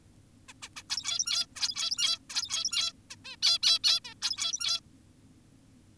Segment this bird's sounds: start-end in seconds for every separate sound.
0.49-0.53, 0.62-0.69, 0.76-0.83, 0.90-1.46, 1.56-2.19, 2.30-2.93, 3.10-3.16, 3.25-3.36, 3.42-3.58, 3.63-3.79, 3.84-4.00, 4.05-4.14, 4.22-4.80